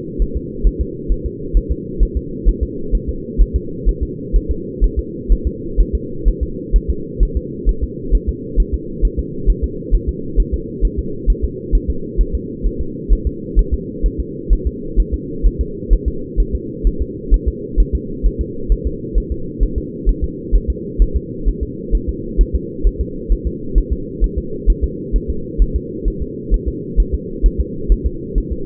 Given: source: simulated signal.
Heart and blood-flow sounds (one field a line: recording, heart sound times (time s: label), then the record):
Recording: fetal heart sounds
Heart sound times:
0.22 s: S1
0.37 s: S2
0.67 s: S1
0.81 s: S2
1.12 s: S1
1.26 s: S2
1.57 s: S1
1.71 s: S2
2.03 s: S1
2.17 s: S2
2.48 s: S1
2.63 s: S2
2.95 s: S1
3.09 s: S2
3.41 s: S1
3.56 s: S2
3.89 s: S1
4.03 s: S2
4.36 s: S1
4.51 s: S2
4.84 s: S1
4.99 s: S2
5.32 s: S1
5.47 s: S2
5.80 s: S1
5.95 s: S2
6.28 s: S1
6.43 s: S2
6.76 s: S1
6.90 s: S2
7.23 s: S1
7.37 s: S2
7.69 s: S1
7.83 s: S2
8.15 s: S1
8.29 s: S2
8.60 s: S1
8.74 s: S2
9.05 s: S1
9.19 s: S2
9.50 s: S1
9.64 s: S2
9.95 s: S1
10.09 s: S2
10.40 s: S1
10.54 s: S2
10.85 s: S1
10.99 s: S2
11.30 s: S1
11.44 s: S2
11.75 s: S1
11.90 s: S2
12.21 s: S1
12.35 s: S2
12.66 s: S1
12.81 s: S2
13.13 s: S1
13.27 s: S2
13.59 s: S1
13.74 s: S2
14.06 s: S1
14.20 s: S2
14.53 s: S1
14.67 s: S2
15.00 s: S1
15.14 s: S2
15.46 s: S1
15.61 s: S2
15.93 s: S1
16.08 s: S2
16.40 s: S1
16.55 s: S2
16.87 s: S1
17.02 s: S2
17.34 s: S1
17.48 s: S2
17.80 s: S1
17.95 s: S2
18.26 s: S1
18.41 s: S2
18.72 s: S1
18.87 s: S2
19.18 s: S1
19.32 s: S2
19.63 s: S1
19.78 s: S2
20.09 s: S1
20.24 s: S2
20.55 s: S1
20.70 s: S2
21.02 s: S1
21.16 s: S2
21.48 s: S1
21.63 s: S2
21.95 s: S1
22.09 s: S2
22.41 s: S1
22.55 s: S2
22.87 s: S1
23.01 s: S2
23.32 s: S1
23.47 s: S2
23.78 s: S1
23.93 s: S2
24.24 s: S1
24.38 s: S2
24.70 s: S1
24.84 s: S2
25.16 s: S1
25.30 s: S2
25.62 s: S1
25.76 s: S2
26.08 s: S1
26.22 s: S2
26.54 s: S1
26.68 s: S2
27.00 s: S1
27.14 s: S2
27.46 s: S1
27.60 s: S2
27.92 s: S1
28.06 s: S2
28.38 s: S1
28.52 s: S2
From the record:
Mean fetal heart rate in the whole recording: 130 bpm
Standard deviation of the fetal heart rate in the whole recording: 2 bpm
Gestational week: 36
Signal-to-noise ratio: -4.3 dB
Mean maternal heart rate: 72 bpm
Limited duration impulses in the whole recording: absent